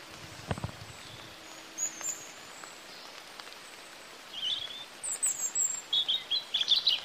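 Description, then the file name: European robin song: thin, high twittering phrases building into a fuller run of quick notes near the end, with a soft thump early on and background hiss. "Erithacus rubecula"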